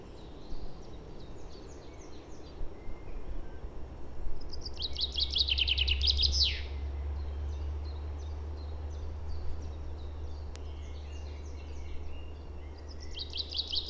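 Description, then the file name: Common chaffinch song: a rattling run of notes tumbling downward into a quick terminal flourish, with another song starting near the end, soft high chirps and a low steady rumble. "Fringilla coelebs"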